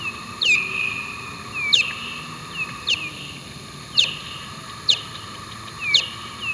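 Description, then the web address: Bat calls: hooked chirps that sweep downward, repeating roughly once a second, over a steady background hum. "wilkinson SFT Bat"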